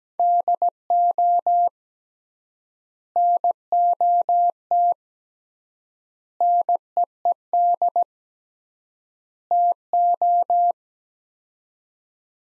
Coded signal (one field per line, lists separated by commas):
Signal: Morse code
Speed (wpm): 17 wpm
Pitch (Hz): 700 Hz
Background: none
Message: DO NOT NEED TO